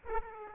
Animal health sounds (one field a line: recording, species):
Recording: mosquito wingbeat signal from an infrared sensor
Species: Aedes aegypti